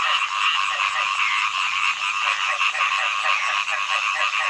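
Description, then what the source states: Frogs calling together in a thick, continuous chorus of rasping, overlapping croaks with no clear pauses. Frog songs in early summer.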